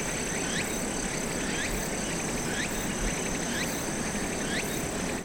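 Cicada giving a continuous high buzz, with regular rising chirps roughly every second and steady background hiss; the sound cuts off abruptly at the end.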